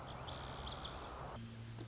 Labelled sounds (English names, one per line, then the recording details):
Lazuli Bunting
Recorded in Sonoma County, California